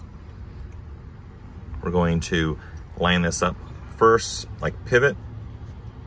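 A Ford Taurus key remote housing is handled during a dead-battery install: a small part that tends to break off under heavy keychains is slid back in and checked for a flush fit, and the shell is lined up before it is pinched shut. Someone talks over a low steady background hum. Nothing has seated or clicked yet.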